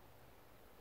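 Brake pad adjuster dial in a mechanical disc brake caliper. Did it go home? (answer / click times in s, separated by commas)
no / none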